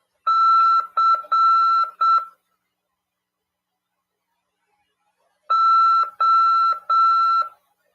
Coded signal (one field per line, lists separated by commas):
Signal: Morse code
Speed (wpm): 7 wpm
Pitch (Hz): 1340 Hz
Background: none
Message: C O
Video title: RADIOAMADOR 1/11/2022 "AULA 25: CW, LEGISLAÇÃO e C.RODADA" 146.410Mhz PY2EXU PAULO SP/SP CRASP/RAF.